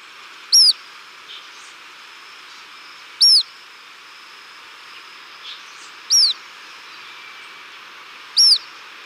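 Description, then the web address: Lesser elaenia calls: a sharp, high, downslurred note repeated about every two to three seconds, with a faint steady hiss behind. Recorded in Ecuador. "Birds of Ecuador Lesser Elaenia"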